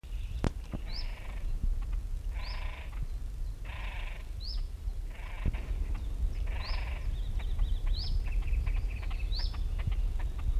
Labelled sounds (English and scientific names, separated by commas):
Great Crested Grebe (Podiceps cristatus) courtship call